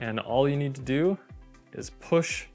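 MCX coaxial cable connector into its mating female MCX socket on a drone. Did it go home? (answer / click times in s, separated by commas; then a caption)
no / none. A male MCX coaxial cable connector is being handled for pushing onto its mating female MCX socket just behind the navigation light on a drone, while someone talks. Nothing has seated or clicked yet in this clip.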